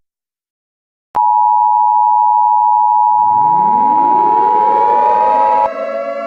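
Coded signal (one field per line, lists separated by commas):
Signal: Emergency Alert System (SAME) tones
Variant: 853 and 960 Hz attention tone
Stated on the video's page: EAS scenario, a fictional alert.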